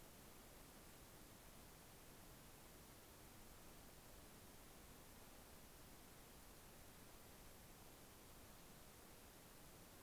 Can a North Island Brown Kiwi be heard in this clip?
no